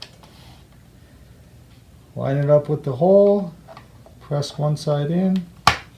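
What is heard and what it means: The second front roller shaft of a Shark Navigator vacuum is lined up with its hole in the power head housing and one side is pressed in while someone talks. The shaft seats with a sharp pop at 5.7 seconds.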